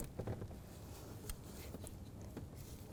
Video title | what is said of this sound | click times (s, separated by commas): How to Replace Ignition Coil Pack 2005-2009 Subaru Outback | usually you'll hear a click but this one the tab is broken so not going to hear a click on that one | none